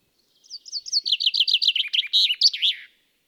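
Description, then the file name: Common chaffinch song: a run of bright, repeated notes that drop slightly in pitch, ending in a louder flourish. "Fringilla coelebs"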